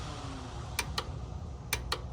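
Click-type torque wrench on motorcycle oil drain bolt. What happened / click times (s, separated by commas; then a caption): Torque wrench clicked at its set torque / 0.8 s, 1.0 s, 1.7 s, 1.9 s. A click-type torque wrench is pulled again on the oil drain bolt of a 2006-2016 Yamaha YZF-R6 motorcycle during an engine oil change. Sharp, bright clicks come in two pairs at 0.8 s, 1.0 s, 1.7 s and 1.9 s over a low steady background hum. The wrench clicks repeatedly at its 31 ft-lb setting, confirming the bolt is at the correct torque.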